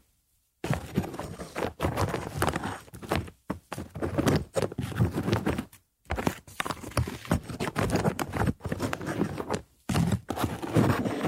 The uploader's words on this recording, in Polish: ZAŚNIJ PRZY DŹWIĘKACH DREWNA! ASMR po polsku.